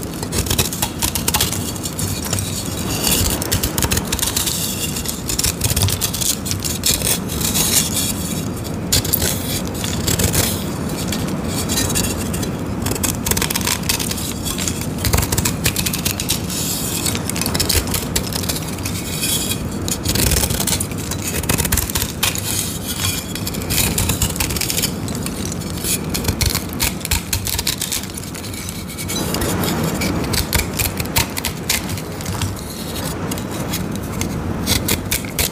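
A blade shaves dyed chalk blocks in a steady, dense run of dry scraping and crumbling strokes with no real pauses. Gritty, bright crackles sit over a low rubbing texture, with a brief softer stretch near the thirty-second mark before the scraping resumes.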